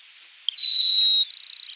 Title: LuckyPassaro Completos2Sama. Grassland Sparrow (Ammodramus humeralis)